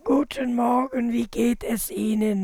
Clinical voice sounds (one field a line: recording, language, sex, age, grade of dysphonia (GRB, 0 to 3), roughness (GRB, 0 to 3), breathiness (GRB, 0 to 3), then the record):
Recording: spoken sentence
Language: German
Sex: female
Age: 60 to 69 years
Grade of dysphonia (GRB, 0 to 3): 3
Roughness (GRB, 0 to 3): 3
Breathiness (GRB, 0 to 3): 2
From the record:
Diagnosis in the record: presbyphonia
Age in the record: 63 years